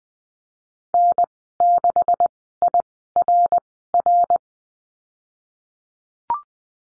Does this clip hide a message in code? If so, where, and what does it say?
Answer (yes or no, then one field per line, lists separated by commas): yes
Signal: Morse code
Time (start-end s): 0.9-4.4 s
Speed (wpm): 20 wpm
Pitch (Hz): 700 Hz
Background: none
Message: N6IRR